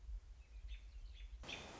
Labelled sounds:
American Robin

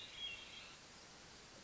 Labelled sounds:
Hermit Thrush

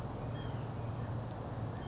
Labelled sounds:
White-breasted Nuthatch

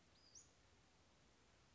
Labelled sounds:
Western Flycatcher

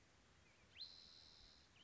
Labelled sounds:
Spotted Towhee

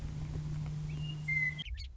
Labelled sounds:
Western Meadowlark

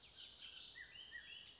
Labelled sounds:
Bullock's Oriole

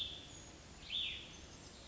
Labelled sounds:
Cassin's Vireo

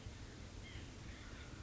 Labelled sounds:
White-breasted Nuthatch

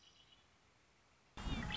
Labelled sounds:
Red-winged Blackbird

